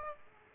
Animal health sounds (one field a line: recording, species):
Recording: mosquito wingbeat signal from an infrared sensor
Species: Aedes aegypti